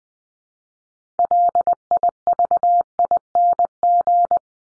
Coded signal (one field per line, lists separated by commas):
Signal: Morse code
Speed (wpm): 20 wpm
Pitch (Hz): 700 Hz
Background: none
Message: LIVING